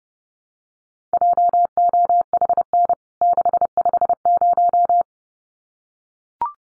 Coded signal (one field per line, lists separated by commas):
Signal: Morse code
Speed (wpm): 30 wpm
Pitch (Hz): 700 Hz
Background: none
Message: JOHN 650